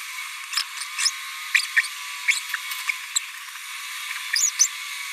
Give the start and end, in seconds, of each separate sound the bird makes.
0.98-1.10, 1.76-1.81, 2.28-2.32, 2.89-2.91, 3.16-3.19, 4.35-4.50, 4.59-4.67